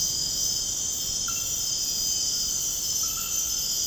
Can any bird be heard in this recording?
no